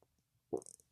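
A brief stomach rumble (borborygmi) from an adult man's abdomen, after he skipped breakfast that morning while fasting.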